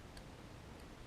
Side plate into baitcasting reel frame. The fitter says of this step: that into position it will click in